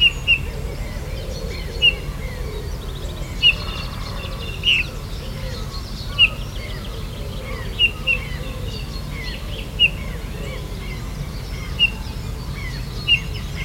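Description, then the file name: Eurasian bullfinch calls, short bright piping notes repeated at short intervals, over a busy chorus of other birds and steady low background noise. "Pyrrhula pyrrhula"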